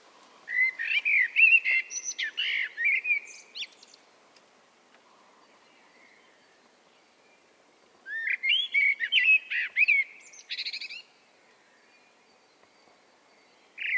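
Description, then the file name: Common blackbird delivering two melodious whistled phrases separated by a long pause, each closing with a shrill twittering tail, and a third phrase just starting at the end. "Turdus merula"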